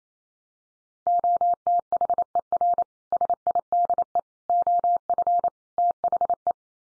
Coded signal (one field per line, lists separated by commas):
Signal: Morse code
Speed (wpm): 28 wpm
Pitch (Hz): 700 Hz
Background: none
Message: OTHER SIDE OF THE